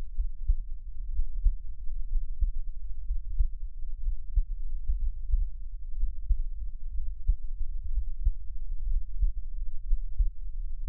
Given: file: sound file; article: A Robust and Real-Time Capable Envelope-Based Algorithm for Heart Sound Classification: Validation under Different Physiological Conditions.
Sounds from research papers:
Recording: heart sounds by electronic stethoscope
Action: rest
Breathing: deep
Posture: sitting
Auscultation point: Erb’s point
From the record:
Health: healthy, no known heart disease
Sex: male

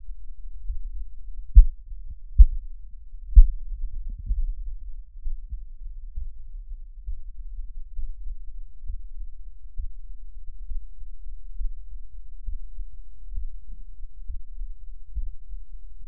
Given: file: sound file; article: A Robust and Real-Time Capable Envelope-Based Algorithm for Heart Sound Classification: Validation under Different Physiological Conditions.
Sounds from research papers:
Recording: heart sounds by electronic stethoscope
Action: rest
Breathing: normal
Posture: lying on back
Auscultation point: Erb’s point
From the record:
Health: healthy, no known heart disease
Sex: male

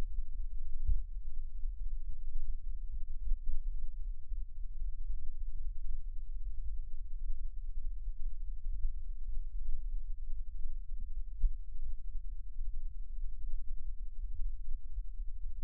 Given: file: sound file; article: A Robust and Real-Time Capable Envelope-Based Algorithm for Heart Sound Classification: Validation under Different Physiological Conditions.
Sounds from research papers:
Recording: heart sounds by electronic stethoscope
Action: rest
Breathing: normal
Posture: sitting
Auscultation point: left side of the back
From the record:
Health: healthy, no known heart disease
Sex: male

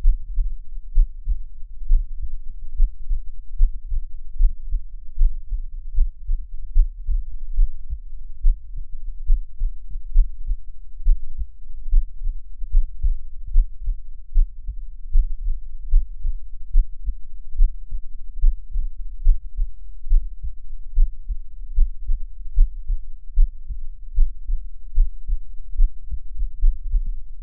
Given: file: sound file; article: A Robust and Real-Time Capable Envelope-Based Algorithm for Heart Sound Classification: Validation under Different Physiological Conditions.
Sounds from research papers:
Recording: heart sounds by electronic stethoscope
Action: rest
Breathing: normal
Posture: lying on stomach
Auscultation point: Erb’s point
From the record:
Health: healthy, no known heart disease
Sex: male

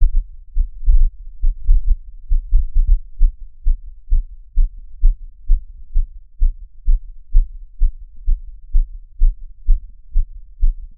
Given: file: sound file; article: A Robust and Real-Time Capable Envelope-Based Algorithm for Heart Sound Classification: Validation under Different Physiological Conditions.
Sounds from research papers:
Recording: heart sounds by electronic stethoscope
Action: after 5 min of sport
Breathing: deep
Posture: sitting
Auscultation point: Erb’s point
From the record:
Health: healthy, no known heart disease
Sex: male

